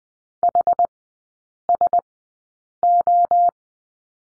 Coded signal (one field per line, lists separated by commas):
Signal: Morse code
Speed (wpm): 20 wpm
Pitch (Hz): 700 Hz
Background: none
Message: HSO